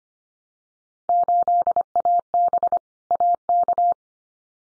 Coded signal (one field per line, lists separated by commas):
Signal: Morse code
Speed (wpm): 25 wpm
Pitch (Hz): 700 Hz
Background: none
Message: 8AB AK